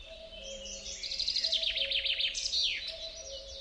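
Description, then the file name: Common chaffinch singing a fast descending trill that ends in a downward-sweeping flourish, over a faint constant background hum. "Fringilla coelebs"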